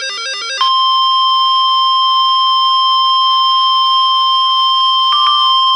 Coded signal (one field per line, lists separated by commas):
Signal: Emergency Alert System (SAME) tones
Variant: 1050 Hz attention tone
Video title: Enhanced Risk Day... EAS Alerts from 2/5-6/2020 (EAS #248-294)